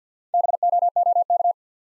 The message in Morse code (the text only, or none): BOOK